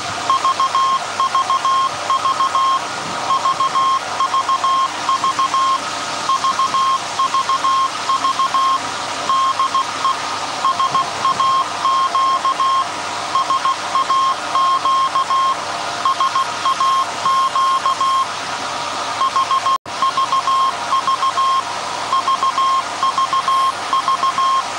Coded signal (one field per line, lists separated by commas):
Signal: Morse code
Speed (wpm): 16 wpm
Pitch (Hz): 1070 Hz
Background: none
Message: VVV VVV VVV DE SAQ SAQ SAQ HVV VVV